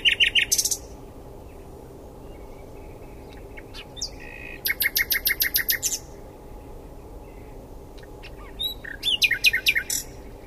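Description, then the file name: Common nightingale song: bursts of rapid, rattling repeated notes, high and harsh, separated by pauses, over low background noise. "Luscinia megarhynchos"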